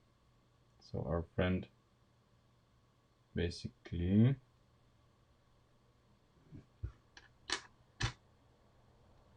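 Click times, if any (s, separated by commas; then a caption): 8.0 s. A plastic Lego hood latch piece is moved into position in the front structure of a Lego Dodge Charger model while someone talks, followed by small clicking and tapping sounds. The latch clicks back in at 8.0 seconds and is held so it cannot escape.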